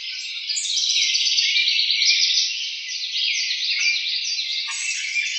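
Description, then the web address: House wren pouring out a rapid, jumbled chatter of trills and buzzy notes almost without pause. Recorded 4 January 2007. "House Wren 2007 01 04 House Wren 02"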